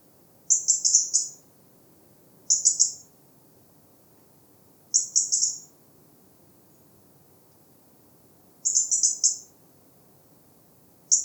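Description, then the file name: European robin giving high, sharp note bursts of three or four, spaced roughly two to four seconds apart, with a quiet low rumble underneath. "Erithacus rubecula"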